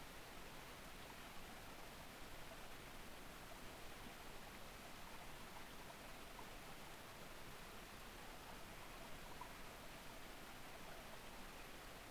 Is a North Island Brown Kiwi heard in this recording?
no